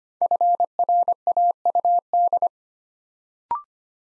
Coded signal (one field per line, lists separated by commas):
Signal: Morse code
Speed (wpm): 25 wpm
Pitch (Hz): 700 Hz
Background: none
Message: FRAUD